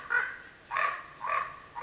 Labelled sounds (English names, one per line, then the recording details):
Common Raven
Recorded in Sonoma County, California